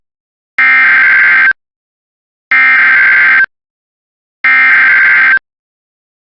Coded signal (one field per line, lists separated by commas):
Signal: Emergency Alert System (SAME) tones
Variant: header bursts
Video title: EAS Child Abduction Emergency (AMBER Alert) Columbus, Ohio (Franklin County)